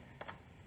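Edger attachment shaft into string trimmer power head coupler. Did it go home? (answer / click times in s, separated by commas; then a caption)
yes / 0.2 s, 0.3 s. An edger attachment shaft is pushed into the coupler of a Ryobi Expand-It 40V string trimmer power head. Two short mechanical clicks sound at 0.2 s and 0.3 s as it snaps in and seats.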